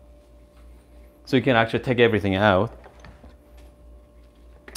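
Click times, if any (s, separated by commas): 4.7 s, 4.8 s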